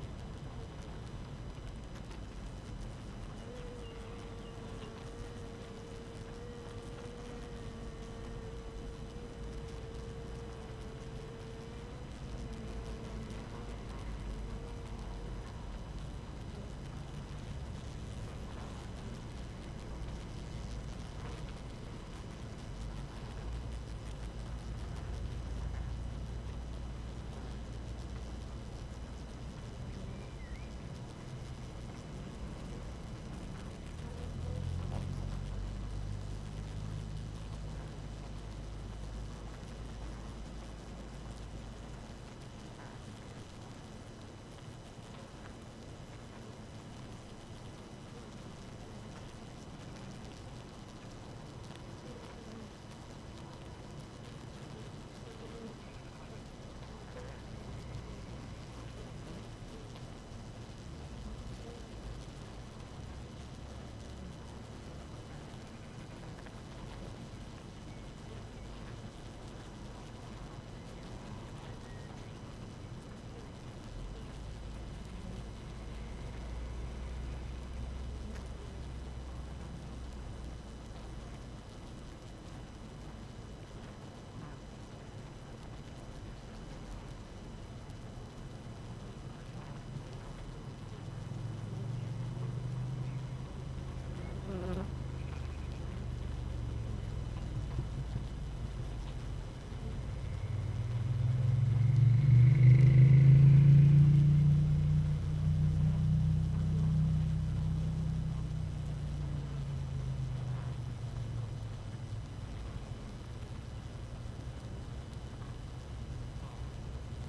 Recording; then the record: honeybee colony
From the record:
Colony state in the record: active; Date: 12 June 2018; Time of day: 5:48